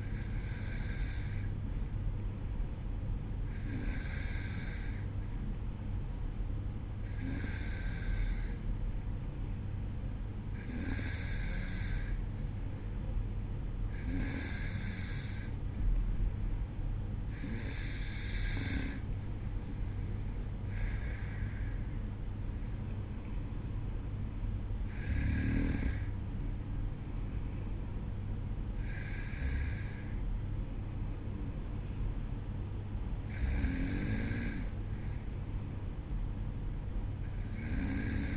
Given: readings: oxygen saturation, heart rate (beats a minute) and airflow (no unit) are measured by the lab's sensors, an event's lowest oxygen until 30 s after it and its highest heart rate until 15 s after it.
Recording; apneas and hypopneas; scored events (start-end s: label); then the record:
breathing in sleep by a smartphone at the bedside; none
none scored
From the record:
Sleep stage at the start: N2 (light sleep); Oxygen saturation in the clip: 93 to 94%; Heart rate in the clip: 53 to 56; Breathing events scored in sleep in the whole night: 305 in 9.6 hours asleep